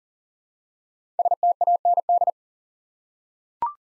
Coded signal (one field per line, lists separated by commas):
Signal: Morse code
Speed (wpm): 38 wpm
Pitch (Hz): 700 Hz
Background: none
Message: STAND